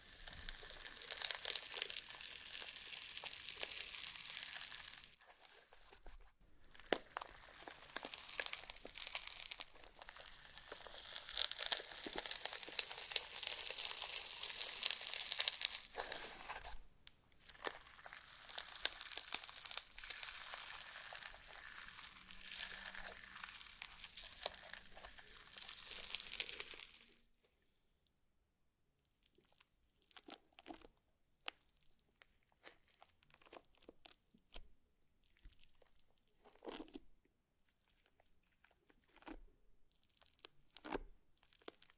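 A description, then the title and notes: Slime being squeezed and worked makes dense, bright crinkling and crackling sounds for the first 27 seconds, broken by brief pauses near 6 and 17 seconds. Then the sound drops away to near silence, with only scattered soft clicks and pops until the end. ASMR SLIME! 5 Satisfying Slimes.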